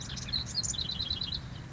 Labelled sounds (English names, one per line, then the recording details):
House Wren
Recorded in Sonoma County, California